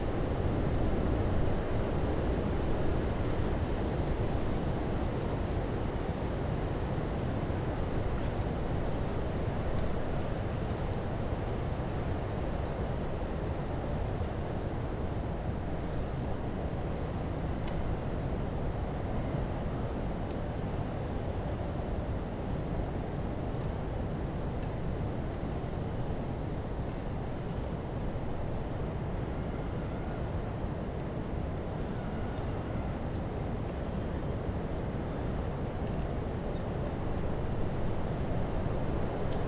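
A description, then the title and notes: Wind blows hard and without pause on an exposed bluff, a thick low roar buffeting the microphone for the whole recording. The rumble stays heavy and even, with little brightness above it; a faint higher sound briefly surfaces around the thirty-second mark. Sounds of Northern Michigan: A Blustery Day on Empire Bluff. The Empire Bluff Trail at the Sleeping Bear Dunes National Lakeshore. Overlooking Lake Michigan. This recording features massive wind (welcome to Winter in northern Michigan) blowing through the woods and down the bluff to where I was standing.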